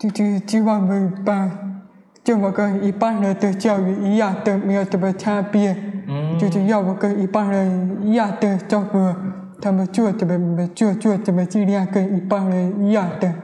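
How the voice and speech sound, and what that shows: A young adult woman who is a hearing-impaired student speaks Mandarin Chinese with the speech of a deaf or hard-of-hearing speaker. She had a speech-language therapist in childhood.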